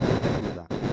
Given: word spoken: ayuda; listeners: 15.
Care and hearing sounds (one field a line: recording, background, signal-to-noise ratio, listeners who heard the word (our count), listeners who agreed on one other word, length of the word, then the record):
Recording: one Spanish word in noise, from a listening test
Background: noise modulated by one talker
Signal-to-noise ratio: -9.3 dB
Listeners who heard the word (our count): 4 of 15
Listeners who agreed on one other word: 7 of 15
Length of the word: 0.53 s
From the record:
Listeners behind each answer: 7, 4, 1, 1, 1, 1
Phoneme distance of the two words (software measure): 21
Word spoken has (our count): 3 syllables, 5 phonemes, stress on syllable 2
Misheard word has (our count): 2 syllables, 4 phonemes, stress on syllable 1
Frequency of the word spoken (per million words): 137.11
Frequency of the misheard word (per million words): 162.69